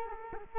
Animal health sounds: mosquito wingbeat signal from an infrared sensor; Culex quinquefasciatus

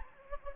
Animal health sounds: mosquito wingbeat signal from an infrared sensor; Anopheles gambiae

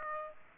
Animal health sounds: mosquito wingbeat signal from an infrared sensor; Aedes aegypti

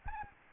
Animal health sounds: mosquito wingbeat signal from an infrared sensor; Aedes albopictus

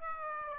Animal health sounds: mosquito wingbeat signal from an infrared sensor; Aedes aegypti

